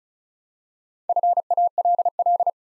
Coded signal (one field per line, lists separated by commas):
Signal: Morse code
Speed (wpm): 36 wpm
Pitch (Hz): 700 Hz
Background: none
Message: FALL